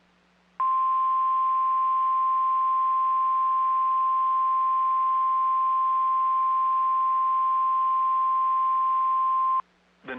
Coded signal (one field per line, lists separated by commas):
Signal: Emergency Alert System (SAME) tones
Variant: 1050 Hz attention tone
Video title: NOAA Weather Radio - Severe Thunderstorm Warning [EAS #185] (6/2/22)